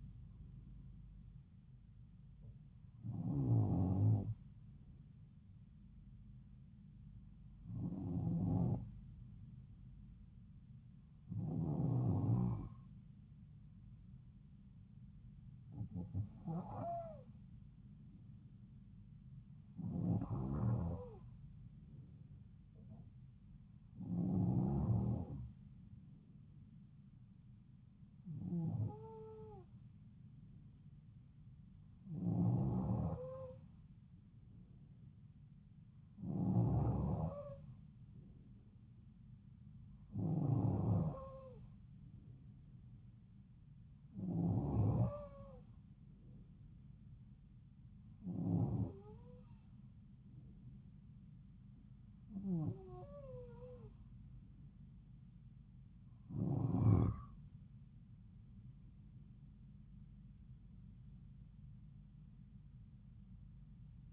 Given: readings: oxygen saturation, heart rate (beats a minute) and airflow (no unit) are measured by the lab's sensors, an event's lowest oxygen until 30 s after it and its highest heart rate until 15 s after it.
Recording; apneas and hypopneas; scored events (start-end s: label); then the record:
breathing in sleep by a smartphone at the bedside; none
none scored
From the record:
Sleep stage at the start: N2 (light sleep); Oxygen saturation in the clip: 91 to 93%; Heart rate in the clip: 69 to 74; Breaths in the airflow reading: 15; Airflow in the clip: -3.6 to 5.1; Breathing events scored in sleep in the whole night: 270 in 6.1 hours asleep